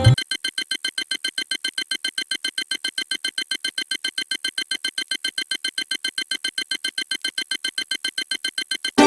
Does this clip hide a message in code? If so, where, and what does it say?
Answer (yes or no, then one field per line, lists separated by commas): no